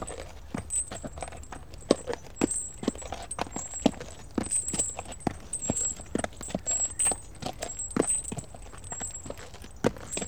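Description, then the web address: Horse walking, hooves clopping while harness fittings jingle and rattle throughout. One horse walking along in harness. "BBC Sound Effects Library. One Horse Walks Along In Harness"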